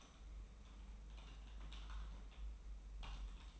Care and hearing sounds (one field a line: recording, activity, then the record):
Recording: daily activity, microphone in the room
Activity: typing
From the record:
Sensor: 1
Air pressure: 994.4 hPa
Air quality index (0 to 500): 220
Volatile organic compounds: 1000 ppm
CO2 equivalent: 7869 ppm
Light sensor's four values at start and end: 62/139/62/65 and 62/138/62/65